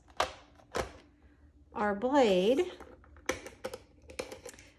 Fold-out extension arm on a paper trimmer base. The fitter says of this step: just push it back down and it snaps into place